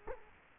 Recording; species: mosquito wingbeat signal from an infrared sensor; Culex quinquefasciatus